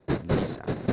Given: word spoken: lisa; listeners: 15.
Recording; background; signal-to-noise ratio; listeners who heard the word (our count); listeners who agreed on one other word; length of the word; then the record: one Spanish word in noise, from a listening test; noise modulated by one talker; -7.8 dB; 2 of 15; 8 of 15; 0.53 s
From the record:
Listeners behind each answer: 8, 2, 2, 1, 1, 1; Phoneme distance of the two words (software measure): 10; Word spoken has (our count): 2 syllables, 4 phonemes, stress on syllable 1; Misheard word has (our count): 2 syllables, 4 phonemes, stress on syllable 1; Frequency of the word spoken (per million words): 7.76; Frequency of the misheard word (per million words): 26.10